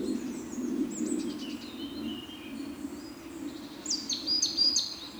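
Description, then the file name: Eurasian blackcap song: high whistled phrases, softer at first and brighter near the end, over a steady low rumbling hum. "Sylvia atricapilla"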